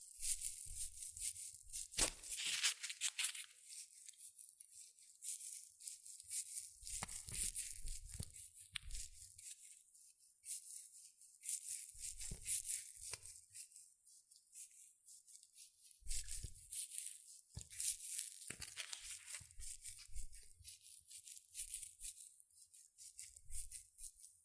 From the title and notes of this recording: ASMR Rustling and Crinkle Sounds (Shredded Tissue, Packing Peanuts).